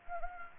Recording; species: mosquito wingbeat signal from an infrared sensor; Anopheles gambiae